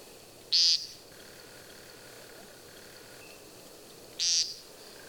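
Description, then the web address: American woodcock giving two short, buzzy nasal peent notes about three and a half seconds apart over a faint steady background hiss. "Chiens chasse becasse LCimon peent"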